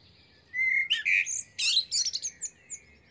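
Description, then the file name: Common blackbird singing one phrase, a low fluty whistle followed by a burst of thin, high-pitched chattering notes. "Turdus merula"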